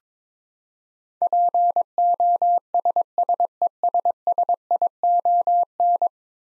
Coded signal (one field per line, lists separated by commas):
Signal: Morse code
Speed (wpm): 22 wpm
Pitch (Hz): 700 Hz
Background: none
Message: POSSESSION